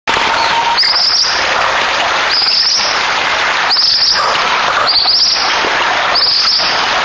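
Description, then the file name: Ashy minivet call: short, high, metallic trills repeated about every one and a half seconds, over a steady roar of rushing background noise. Recorded 24 May 2009 at 05:35 in Togakushi. "サンショウクイ 戸隠"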